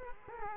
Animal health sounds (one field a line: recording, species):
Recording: mosquito wingbeat signal from an infrared sensor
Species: Culex quinquefasciatus